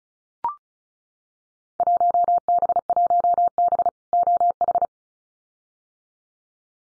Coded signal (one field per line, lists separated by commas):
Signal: Morse code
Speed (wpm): 36 wpm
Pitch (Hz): 700 Hz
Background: none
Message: 1B1B OH